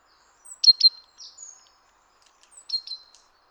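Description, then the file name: Great tit calls: a thin high note, then two loud sharp notes and a few softer ones, the pattern given twice within a few seconds. "Parus major"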